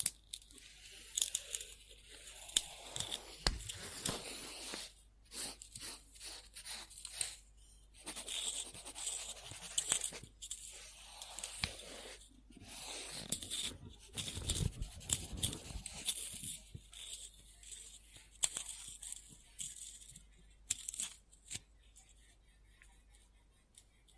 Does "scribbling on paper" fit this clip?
yes